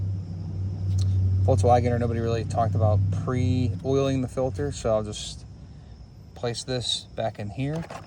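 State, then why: Not seated. A new oil filter element is handled near its plastic filter housing cap during an oil change on a 2015 Jetta TDI, with someone talking over a low engine-like rumble. A few short sharp hits come near the end, but nothing has seated or clicked into place yet.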